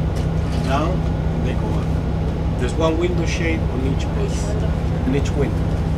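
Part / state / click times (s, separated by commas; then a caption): window shade into its lower lock on a coach window / not seated / none. Someone talks over a steady low vehicle engine hum while handling a window shade on a Motor Coach Industries MCI J4500 coach window, working it toward its lower lock. No distinct click is heard, and the shade has not yet locked in place.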